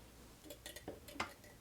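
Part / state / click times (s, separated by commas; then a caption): plastic mast part onto the oval center mount of a knitting machine / not seated / none. A plastic part of an LK150 knitting machine's tension mast, previously shortened for travel convenience, is handled as it is put back onto the oval center mount that it snaps onto. Light plastic taps and clicks are heard, including a sharper one near 1.2 seconds. Nothing has seated or snapped in yet.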